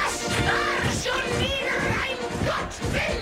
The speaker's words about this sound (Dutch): En daarom zijn we zo vrij geweest om een mooi jingeltje te maken voor iedere keer dat het komt.